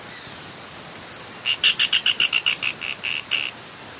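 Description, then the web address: White-bellied spinetail song: a rapid series of many short, clipped notes that slow slightly toward the end, with a constant high insect drone behind. Song, recorded in the eastern lowlands of South America. "Natures Songs S America Eastern Lowlands. Synallaxis propinqua, song"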